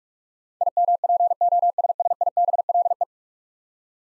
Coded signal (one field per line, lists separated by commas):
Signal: Morse code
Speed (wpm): 41 wpm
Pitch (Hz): 700 Hz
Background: none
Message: IMPOSSIBLE